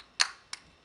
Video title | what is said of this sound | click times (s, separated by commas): How to Replace a Battery of Key fob Keyless for Mazda 6 | and you hear a click | 0.2 s